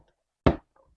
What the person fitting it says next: Yeah, you can hear it popping off that safety bead there.